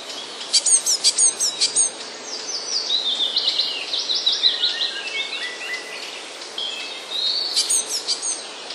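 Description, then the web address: Eurasian blue tit song: sharp, high clicking chips, then a fast trill of rising and falling notes, with more chips near the end; steady background hiss. "wroblowe teka spiew. modraszkoteka"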